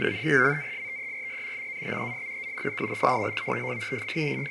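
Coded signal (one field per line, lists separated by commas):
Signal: NAVTEX (SITOR-B)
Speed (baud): 100 baud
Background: speech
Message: MASTERS MATES AND P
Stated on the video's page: Coast station KPH sending an Enigma-encrypted message in Morse and RTTY on its shortwave frequencies, received on an IC-7610.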